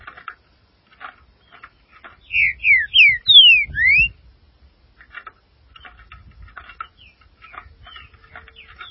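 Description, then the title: Green-winged saltator song: a quick phrase of five loud slurred whistles, then faint clicking and chipping notes fill the rest. "Trinca Ferro"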